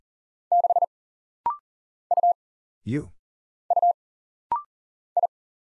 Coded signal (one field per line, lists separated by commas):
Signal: Morse code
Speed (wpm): 40 wpm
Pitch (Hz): 700 Hz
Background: none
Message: 6 U U I